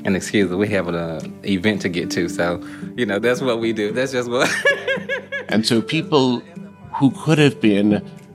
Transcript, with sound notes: And excuse me, we have an event to get to. So, you know, that's what we do. That's just what (laughter)
And so people who could have been